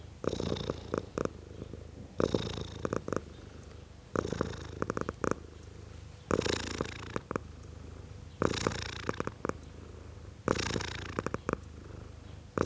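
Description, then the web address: Domestic cat purr, a continuous low vibrating rumble with louder rough surges roughly every two seconds, six cycles in all. Tom cat purring, male domestic cat. "BBC Sound Effects Library (Cats) Tom Cat, Purring"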